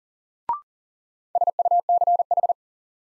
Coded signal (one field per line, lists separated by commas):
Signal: Morse code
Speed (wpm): 40 wpm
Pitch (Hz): 700 Hz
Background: none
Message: SUCH